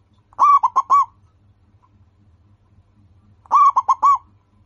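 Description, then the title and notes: Zebra dove song, two brief phrases of four clipped, rolling coos each, about three seconds apart, the opening note of each slightly longer. Local-strain zebra dove singing actively and often, described as having a loud, clear, crystal-like voice. "PERKUTUT LOKAL GACOR Suara KRISTAL LANTANG. Kicau Burung Perkutut"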